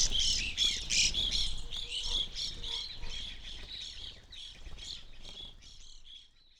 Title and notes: I recorded this at my home in the small town of McCloud in Siskiyou County, California. It was a relatively warm winter morning, and a flock of Evening Grosbeaks was busily eating a breakfast of sunflower seeds from a feeder hanging from the branch of a birch tree in my backyard.